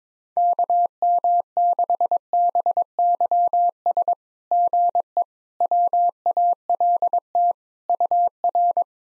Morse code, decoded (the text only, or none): KM6BYS GE WALT UR